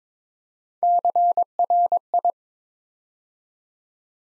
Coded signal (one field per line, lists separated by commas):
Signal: Morse code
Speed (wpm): 22 wpm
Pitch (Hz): 700 Hz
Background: none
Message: CRI